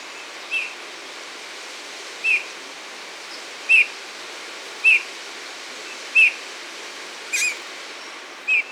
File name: Pyrrhula pyrrhula